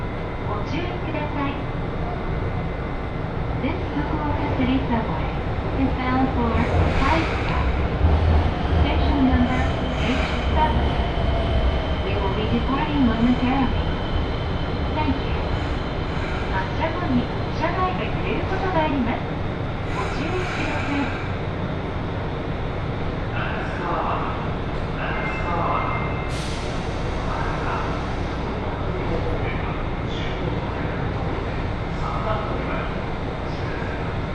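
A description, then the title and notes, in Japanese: Inside a train carriage, a steady low rumble of wheels on rails runs under the whole recording. Voices talk throughout, loudest in the first half, while brief clicks and clatters from the carriage come and go, with a sharp knock around twenty-six seconds. 鉄道旅 佐賀→博多→中洲川端→呉服町。佐賀からリレーかもめ50号で博多まで行き、福岡市営地下鉄に乗り換えて空港線で中洲川端へ。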